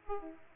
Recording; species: mosquito wingbeat signal from an infrared sensor; Aedes aegypti